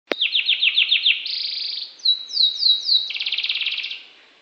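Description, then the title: Canary singing a rapid run of swept notes, then a steady buzzy tone, three loud downslurred whistles and a fast rattling trill that fades out. Norwich breed canary. "kenari norwich"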